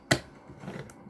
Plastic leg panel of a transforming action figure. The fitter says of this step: you want to collapse it and it will that but click and then that will click into place